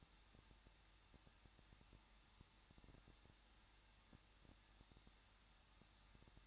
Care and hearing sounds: daily activity, microphone in the room; no activity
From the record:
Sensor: 3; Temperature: 21.2 degrees Celsius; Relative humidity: 36.2%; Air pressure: 1006.4 hPa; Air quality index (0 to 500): 221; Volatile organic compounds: 40 ppm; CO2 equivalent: 3140 ppm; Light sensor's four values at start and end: 2/3/2/2 and 2/3/2/2

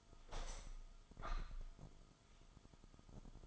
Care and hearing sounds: daily activity, microphone in the room; open window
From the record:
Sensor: 5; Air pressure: 1004.8 hPa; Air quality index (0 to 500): 83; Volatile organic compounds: 2 ppm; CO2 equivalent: 1002 ppm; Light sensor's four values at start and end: 34/79/32/31 and 34/79/32/31

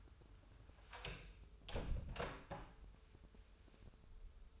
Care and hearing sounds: daily activity, microphone in the room; close door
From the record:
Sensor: 2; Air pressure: 996.0 hPa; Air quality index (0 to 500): 33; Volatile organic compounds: 1 ppm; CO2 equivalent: 602 ppm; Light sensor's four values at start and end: 12/27/12/12 and 11/27/11/12

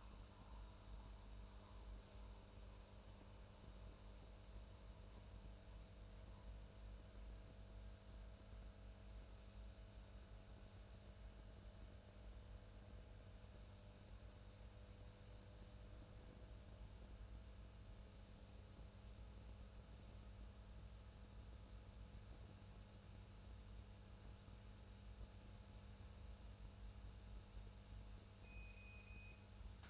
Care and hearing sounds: daily activity, microphone in the room; make coffee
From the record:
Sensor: 2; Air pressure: 994.4 hPa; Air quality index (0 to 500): 210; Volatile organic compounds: 1000 ppm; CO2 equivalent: 6942 ppm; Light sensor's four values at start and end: 140/333/141/146 and 134/320/135/140

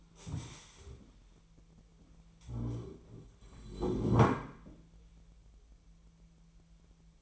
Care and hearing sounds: daily activity, microphone in the room; stand up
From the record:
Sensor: 1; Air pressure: 1001.6 hPa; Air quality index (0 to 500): 249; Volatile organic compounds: 123 ppm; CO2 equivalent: 3892 ppm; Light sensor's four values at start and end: 13/32/13/15 and 14/33/14/15

